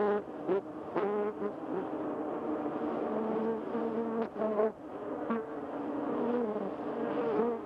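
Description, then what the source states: Bee buzzing, many overlapping hums forming a continuous drone, punctuated by several sharp clicks and a few quick pitch bends. Recorded 28 May 2005.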